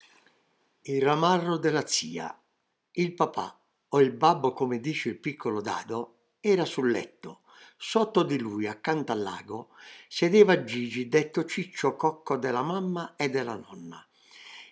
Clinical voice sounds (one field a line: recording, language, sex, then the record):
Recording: read passage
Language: Italian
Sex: male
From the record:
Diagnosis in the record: healthy control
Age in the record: 77 years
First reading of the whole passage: 68 s, 7.6 characters per second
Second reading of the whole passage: 60 s, 8.3 characters per second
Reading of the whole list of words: 67 s, 4.2 characters per second